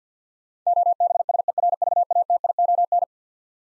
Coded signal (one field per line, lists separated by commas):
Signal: Morse code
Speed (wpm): 50 wpm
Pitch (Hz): 700 Hz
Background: none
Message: OBSERVATION